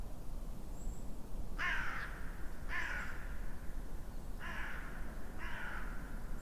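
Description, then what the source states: Raven giving four hoarse, grating caws in two pairs over steady low rumbling background noise. Calls given while flying.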